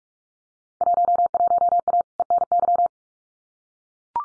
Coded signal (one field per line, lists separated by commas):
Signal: Morse code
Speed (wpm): 44 wpm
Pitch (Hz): 700 Hz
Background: none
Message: 11A ENY